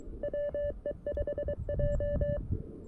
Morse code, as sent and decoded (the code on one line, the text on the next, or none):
.-- . ..... .---
WE5J